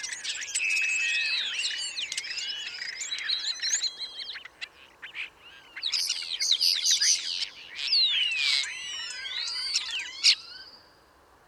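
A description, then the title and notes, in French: Songbirds sing in a woodland on a cool, foggy morning, several voices overlapping in dense, bright whistles, trills and sweeping notes. The chorus thins briefly around four to five seconds, then swells again with rapid chirps before fading near the end. L'oiseau synthétiseur - Bois de Vincennes. Nagra seven - parabole Wildtronic - mono. Fraîche matinée de brouillard(il fait à peine 8°), depuis plus d'une heure j'avance dans le sous-bois l'oreille aux aguets pour repérer un arbre qui accueille des oiseaux chanteurs.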